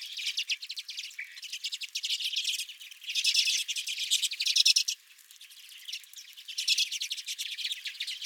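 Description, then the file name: Flock of redpolls chattering: rapid buzzy trills and chips come in waves, with a brief lull near five seconds before the twittering resumes. Redpolls at the recordist's feeder. "Redpolls at My Feeder"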